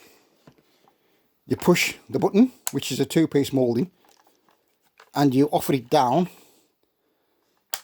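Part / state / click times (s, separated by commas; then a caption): folding shoulder stock locking into the open position on a replica submachine gun / seated / 7.7 s. On a replica submachine gun, the two-piece plastic molded release button is pressed and the folding metal shoulder stock is lowered into the open position while someone talks. Faint handling ticks are followed by one sharp click at 7.7 s as the stock locks open, though it is much looser than on the original.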